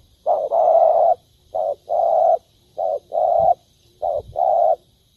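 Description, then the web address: Spotted dove giving soft, low coos in paired phrases of one brief note and one longer note, repeated steadily. "tieng cu dat gay. tieng dong vat"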